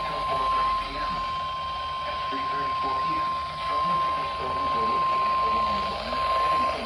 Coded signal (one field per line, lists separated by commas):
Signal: Emergency Alert System (SAME) tones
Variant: 1050 Hz attention tone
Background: speech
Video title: SLIGHT RISK EVENT: EAS Alerts from 09/06/25 | #335 - #366